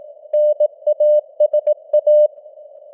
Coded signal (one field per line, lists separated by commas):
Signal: Morse code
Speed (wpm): 18 wpm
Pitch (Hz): 600 Hz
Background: none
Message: NASA